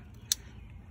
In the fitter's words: If you heard that little click, then